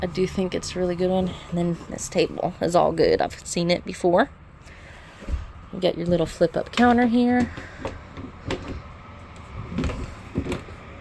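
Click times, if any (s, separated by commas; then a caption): 10.5 s. Someone talks while raising the hinged flip-up counter extension in the kitchen of a 2018 Winnebago Micro Minnie 2106DS RV, then works the leaf with several knocks and clicks from about 7.9 s. Its support latch locks into place with a click at 10.5 s, so the extension is seated, though the other side was not locked.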